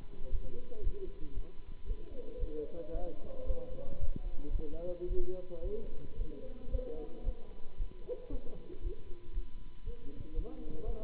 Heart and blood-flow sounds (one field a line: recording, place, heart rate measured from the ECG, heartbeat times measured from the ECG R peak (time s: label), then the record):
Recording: heart sounds by stethoscope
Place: between the tricuspid and mitral areas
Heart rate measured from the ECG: 114 bpm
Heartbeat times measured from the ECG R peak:
0.29 s: heartbeat
0.81 s: heartbeat
1.33 s: heartbeat
1.85 s: heartbeat
2.37 s: heartbeat
2.90 s: heartbeat
3.44 s: heartbeat
3.98 s: heartbeat
4.49 s: heartbeat
5.06 s: heartbeat
5.61 s: heartbeat
6.15 s: heartbeat
6.68 s: heartbeat
7.22 s: heartbeat
7.75 s: heartbeat
8.28 s: heartbeat
8.80 s: heartbeat
9.31 s: heartbeat
9.82 s: heartbeat
10.33 s: heartbeat
10.83 s: heartbeat
From the record:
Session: Bruce protocol treadmill stress test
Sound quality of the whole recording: good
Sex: male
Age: 26 years